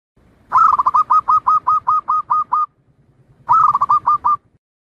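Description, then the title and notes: Zebra dove song: a long run of quick, evenly spaced cooing notes opening with a rolling trill, then a shorter repeat phrase after a brief pause. Song used for training other birds to learn it (mastering). "Kupulan Burung Perkutut. burung perkutut yang bisa digunakan untuk memaster"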